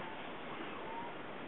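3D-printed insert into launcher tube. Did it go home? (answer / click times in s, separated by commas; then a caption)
no / none. A 3D-printed plastic insert slides smoothly into an AT4-style launcher tube converted for firework artillery rounds, just before it is pressed down to lock. Only a steady, even hiss fills the 1.5 seconds, with no hits or distinct sounds. Nothing has locked or clicked yet.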